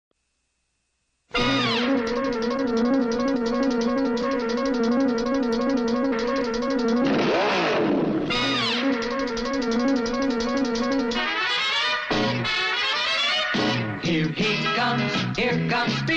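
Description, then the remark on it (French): The Japanese opening theme of Speed Racer, a 1967 car anime, bursts in after a second of silence, loud and continuous, with bright sustained chords, a sweeping swell midway, and busier, choppier melodic phrases toward the end. “Et donc, voici son générique japonais.”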